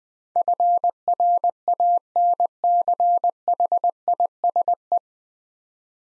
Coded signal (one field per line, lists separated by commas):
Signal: Morse code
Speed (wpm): 20 wpm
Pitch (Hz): 700 Hz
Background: none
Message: FRANCHISE